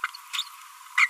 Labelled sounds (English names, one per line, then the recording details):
Green-rumped Parrotlet babbling
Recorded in a nest box in Venezuela
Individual 18B25A4